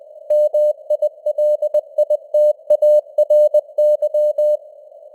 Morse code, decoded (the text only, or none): MILITARY